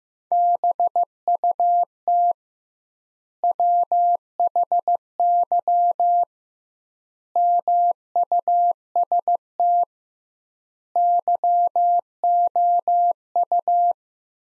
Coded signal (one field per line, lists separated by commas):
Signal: Morse code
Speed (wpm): 15 wpm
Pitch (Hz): 700 Hz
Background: none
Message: BUT WHY MUST YOU